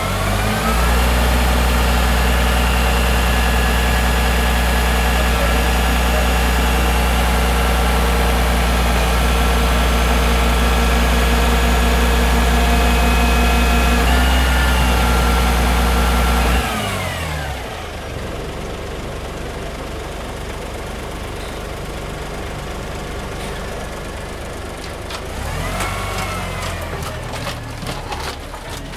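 A garbage truck's engine drones loud for about seventeen seconds, then drops away, leaving quieter clatter and a brief rising whine near twenty-six seconds.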